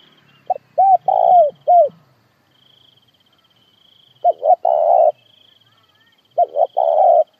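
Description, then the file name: Spotted dove coos in three phrases, short hooting notes followed by a longer drawn-out coo, separated by short pauses, with a faint high-pitched tone throughout. Calling the flock. "Tieng cu gay goi bay"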